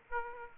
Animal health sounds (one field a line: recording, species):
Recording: mosquito wingbeat signal from an infrared sensor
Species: Aedes aegypti